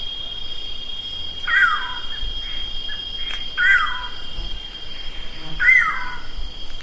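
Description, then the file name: Bird calls: three separate bright, downslurred notes spaced about two seconds apart, each with a brief trailing flourish, over quiet steady background noise. "SABIOD 50 bird 2015"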